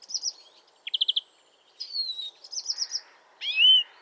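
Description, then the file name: European greenfinch twittering, with short quick trills, a downslurred whistle and a rising note near the end. "Chloris chloris"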